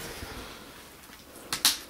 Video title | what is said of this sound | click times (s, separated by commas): Laptop Screen Replacement / How To Replace Laptop Screen [Gateway ID49C07u] www.ScreenCountry.com | I go along with the other you can see and hear them snapping right off | 1.5 s, 1.6 s